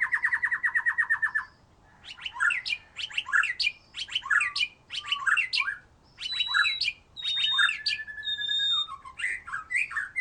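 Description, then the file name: White-rumped shama singing, opening with a fast even rattle, then repeated bursts of sharp chips and whistles roughly once a second, with pure whistled notes near the end. "murai batu"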